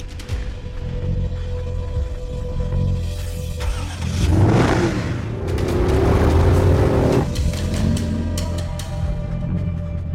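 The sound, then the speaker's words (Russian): A jeep engine drones with a steady low hum, then revs up loudly in the middle before settling back to a rumbling idle; no one speaks. “Бен услышал звук мотора.”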